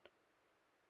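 Both sides of a plastic Lego click hinge on the claws of the claw digger model are moved back together, giving one short, sharp click at 0.1 s. Only faint low noise follows for the rest of the second. The hinge has reached its first detent, the first of two clicks.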